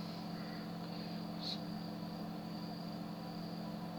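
A RAM stick is handled and lined up over a desktop motherboard DIMM slot while being reseated to fix a computer that turns on but shows no display. A steady low hum and background noise run throughout, with a brief faint high-pitched sound around 1.5 seconds. The module has not seated or clicked yet.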